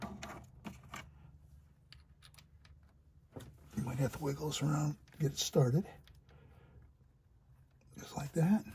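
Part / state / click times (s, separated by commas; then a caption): cam position sensor into engine cylinder head bore / not seated / none. A new intake cam position sensor is lined up with its mounting hole in the engine cylinder head bore and wiggled into position so the retaining bolt can be started, with faint small clicks and handling taps early on while someone talks. Nothing has seated or clicked into place yet.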